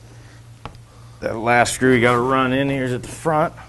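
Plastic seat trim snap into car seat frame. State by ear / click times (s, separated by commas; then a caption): seated / 0.7 s. A plastic seat trim piece on a 2003–2006 Ford Expedition driver seat bottom is pushed tight, with its snaps and post lined up with the hole under the seat frame. A single sharp click at 0.7 s marks the trim snapping into place in the frame. Someone then talks.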